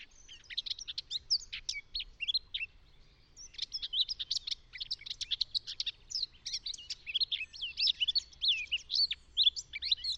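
Eurasian Blackcap song, a fast, rambling warble of varied high chirps and twittering notes in bursts with a short pause near three seconds, over faint low rumble.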